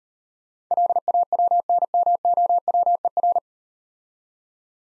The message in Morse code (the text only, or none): LAWNMOWER